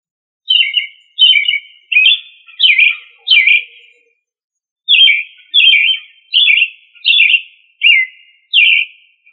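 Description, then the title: Thrush song: two bursts of short, clear whistled phrases, five in the first and six in the second, separated by a pause of about a second. "Familia Turdidae - Sabia"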